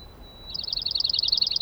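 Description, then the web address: Dark-eyed junco trill, a quick run of bright, evenly repeated high notes following a thin, steady whistle. "soundandlightecologyteam. DEJU SP"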